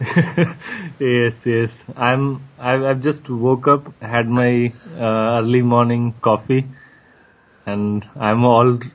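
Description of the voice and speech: A 27-year-old man from Chandigarh in northern India speaks over a Skype call and stammers: he repeats sounds and words, prolongs sounds, and breaks his speech with blocks and silent pauses.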